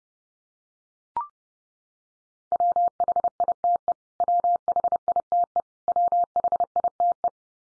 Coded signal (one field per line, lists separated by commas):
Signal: Morse code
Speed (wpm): 30 wpm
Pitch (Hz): 700 Hz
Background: none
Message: WHITE WHITE WHITE